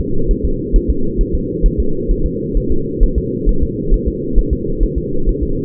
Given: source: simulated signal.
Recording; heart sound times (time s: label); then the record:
fetal heart sounds
0.31 s: S1
0.45 s: S2
0.76 s: S1
0.90 s: S2
1.21 s: S1
1.35 s: S2
1.66 s: S1
1.80 s: S2
2.11 s: S1
2.26 s: S2
2.57 s: S1
2.72 s: S2
3.03 s: S1
3.18 s: S2
3.49 s: S1
3.63 s: S2
3.94 s: S1
4.08 s: S2
4.39 s: S1
4.53 s: S2
4.83 s: S1
4.98 s: S2
5.29 s: S1
5.43 s: S2
From the record:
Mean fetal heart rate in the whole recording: 130 bpm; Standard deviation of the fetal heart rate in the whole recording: 4 bpm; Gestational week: 38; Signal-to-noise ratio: -8.1 dB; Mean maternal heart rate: 72 bpm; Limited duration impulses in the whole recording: present